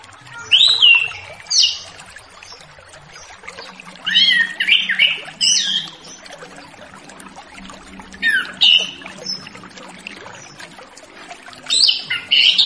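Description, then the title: Orange-headed thrush giving four short, varied warbling phrases spread evenly throughout, with pauses between them. Relaxed 'ngeplong' song style, played as a lure to draw in wild spotted juvenile orange-headed thrushes. "Anis Kembang Ngeplong Santai , Untuk Pancingan Anis Kembang Lepas Trotol"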